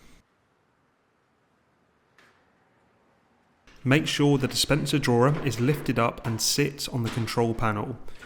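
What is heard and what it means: The plastic control panel of a Hotpoint washing machine is positioned so its pips line up with the holes in the washing machine front panel, ready to be pushed home. A faint short sound comes at 2.2 s, then someone talks from about 3.7 s to the end. Nothing has clicked into place yet.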